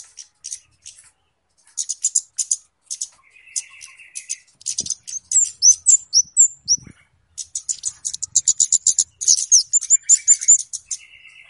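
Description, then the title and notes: Flowerpecker calls: very high, sharp ticking chips in rapid bursts separated by short pauses, with a few thin slurred notes and a lower buzzy trill in places. Calls used as a lure (pikat) for trapping. "Kicau Burung Kemade ( Cabe Cabean) Jernih. Suara Burung Cabe Cabean Pikat"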